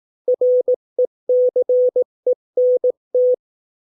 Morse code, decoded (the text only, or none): RECENT